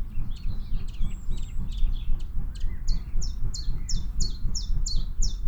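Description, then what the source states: Common chiffchaff song: scattered chirps, then a steady run of high, sharp, downslurred notes. Song of an adult bird.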